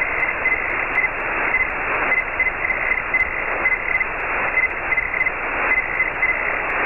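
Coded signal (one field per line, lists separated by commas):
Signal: Hellschreiber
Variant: Feld Hell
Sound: faint rapid buzzy keyed tone around 2 kHz under loud hiss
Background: radio static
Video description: I screen captured this QSO with Scott, N0IU on 14.063 MHz. You will hear his audio, but not my audio while I am transmitting.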